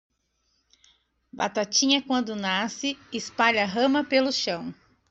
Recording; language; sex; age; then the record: short text; Brazilian Portuguese; female; 40 to 49 years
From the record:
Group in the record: control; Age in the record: 43 years